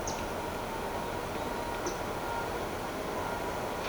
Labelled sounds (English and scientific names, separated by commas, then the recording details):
Pied Water Tyrant (Fluvicola pica)
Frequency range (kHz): Pied Water Tyrant (Fluvicola pica) 3.5-7.5 kHz
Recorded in shrubland near Pivijay, Magdalena, Colombia, on 16 April 2023 at 17:30
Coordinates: 10.453, -74.365
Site P5-G022